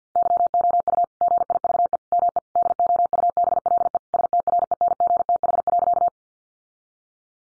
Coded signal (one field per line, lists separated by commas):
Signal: Morse code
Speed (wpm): 50 wpm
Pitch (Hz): 700 Hz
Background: none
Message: YOU GIVE ME DOUBLE STRENGTH.